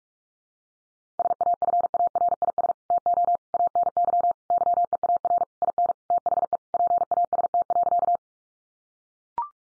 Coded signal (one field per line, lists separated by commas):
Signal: Morse code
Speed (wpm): 44 wpm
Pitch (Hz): 700 Hz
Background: none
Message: SAFARIS TO ANY YEAR IN THE PAST.